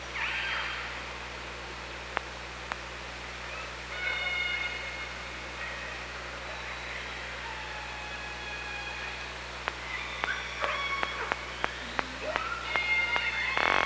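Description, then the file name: Killer whale calls, with high pulsed calls and a whistle mid-way, then bursts of sharp clicks and a loud harsh call at the end, over constant hiss and hum. Recorded on the OrcaLab hydrophone at Parson Island, 24 August 2017, 15:35. "Orca Lab UTLN JASON 20170824 153516"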